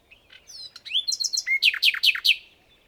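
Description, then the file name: Common nightingale song: a quiet whistled lead-in, then rich repeated notes and a loud run of several sharp, evenly spaced chirps. "Luscinia megarhynchos"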